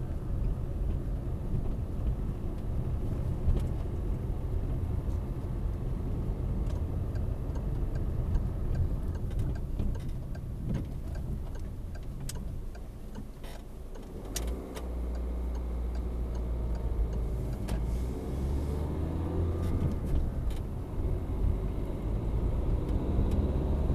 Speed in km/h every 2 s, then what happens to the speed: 21, 21, 22, 24, 23, 14, 4, 0, 6, 21, 24, 32.
0-8 steady at about 22. 8-13 brakes to 0. 13-15 standing. 15-24 pulls away to 32.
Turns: none.